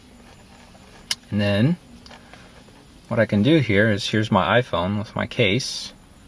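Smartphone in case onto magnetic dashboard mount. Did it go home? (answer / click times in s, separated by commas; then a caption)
no / none. Someone talks while bringing an iPhone in its case toward a DIY magnet mount wedged in a car's vent gap, with a short sharp tick near 1.1 s and faint handling noise. The phone has not snapped onto the magnetic mount yet; nothing has seated or clicked by the end of the clip.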